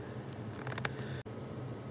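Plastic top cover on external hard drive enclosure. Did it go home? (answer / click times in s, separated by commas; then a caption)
released / 0.9 s. The plastic top cover of a Toshiba Canvio 500 GB external hard drive enclosure is pried off its snap clips. A short run of small clicks builds to a loud snap at 0.9 s as the snap-fit cover pops off and is released, followed by a brief drop to near silence around 1.2 s.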